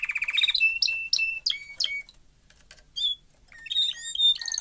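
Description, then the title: Domestic canary song in short bursts: a fast buzzy trill, then separate bright rising and falling whistled notes with brief pauses between phrases. Male Belgian canary singing a lot, used for training and warming up young canaries. "Canary Training Esquente Seu Filhote E Canario Belga Em 30 Minutos Macho Cantando Muito"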